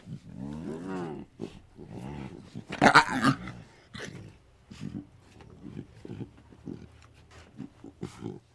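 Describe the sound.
Lion cubs making small growls: rough, throaty bursts and short moaning calls in an uneven series, with one louder snarl near the middle.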